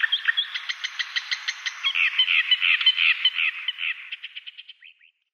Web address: Schulze Peter Thick-billed Warbler song